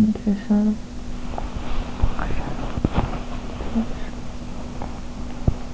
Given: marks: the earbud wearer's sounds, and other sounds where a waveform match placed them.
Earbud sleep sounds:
sounds in sleep by an in-ear microphone; body movement
0.00-1.08 s: sound from someone else or the room
1.21-5.74 s: body movement
3.50-4.82 s: sound from someone else or the room

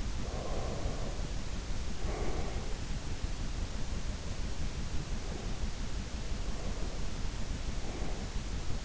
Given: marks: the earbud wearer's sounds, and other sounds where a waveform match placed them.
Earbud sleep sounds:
sounds in sleep by an in-ear microphone; breath
0.13-2.74 s: breath
3.66-6.01 s: breath
6.30-8.85 s: breath

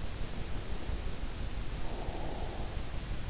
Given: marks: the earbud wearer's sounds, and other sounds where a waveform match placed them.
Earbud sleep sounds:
sounds in sleep by an in-ear microphone; breath
1.69-3.01 s: breath

